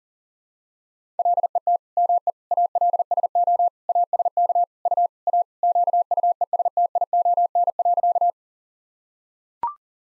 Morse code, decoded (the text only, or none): LET ME ALSO ASK U A QUESTION.